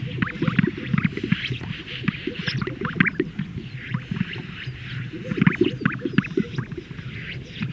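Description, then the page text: Greater sage-grouse display chorus: continuous deep bubbling and popping from several males, with frequent whistled and swishing sounds higher up. Males performing at a lek, inflating a large sac and releasing the air. "Greater Sage Grouse Lek Sound Effect. Funny Sound Effects. Greater Sage Grouse males performing at a lek, where they inflate a large sac and release the air"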